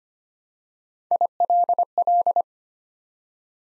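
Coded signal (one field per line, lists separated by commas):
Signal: Morse code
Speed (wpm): 25 wpm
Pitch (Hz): 700 Hz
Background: none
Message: ILL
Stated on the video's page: Morse practice building 3-letter words one letter at a time at 25 wpm, for beginners working on instant character recognition.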